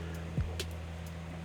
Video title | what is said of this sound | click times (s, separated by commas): 2019 Hyundai Santa Fe XL Trailer Wiring Installation | We're going to push the 4-flat terminal through the 4-flat bracket. It's going to lock into place there. | 0.6 s